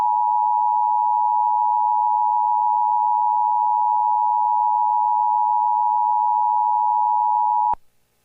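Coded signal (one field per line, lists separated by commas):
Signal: Emergency Alert System (SAME) tones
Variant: 853 and 960 Hz attention tone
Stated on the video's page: Fictional EAS scenario about a tornado outbreak, made in KineMaster with a narrator voice app.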